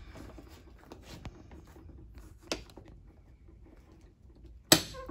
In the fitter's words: we go we can hear it click